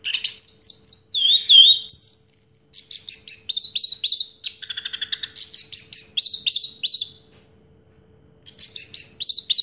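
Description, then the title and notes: Orange-headed thrush delivering a long, rapid, high-pitched medley of chattering notes and trills, a brief pause, then more quick phrases. Anis merah song in the 'teler' style, with a clear voice. "Anis Merah Teler Suara Jernih. suara anis merah"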